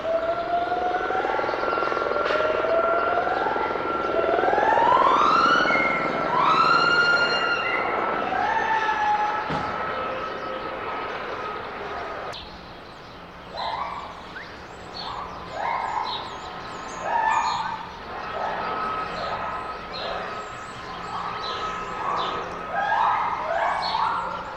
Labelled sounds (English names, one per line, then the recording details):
Lar Gibbon
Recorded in captivity
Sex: pair
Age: adult
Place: Zoo Berlin, Berlin, DE
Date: 1989-02-22
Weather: sonnig, 2-7°C
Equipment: Sony WM-D6C, Sony ECM-939 LT, Kopie Tesla B 116
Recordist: Tembrock, Günter